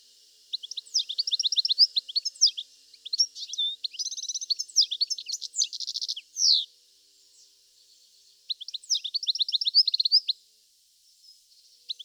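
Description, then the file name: European goldfinch twittering in bursts of quick, high, tinkling notes and buzzy slurs, pausing briefly, then resuming with another bright run. "Carduelis carduelis"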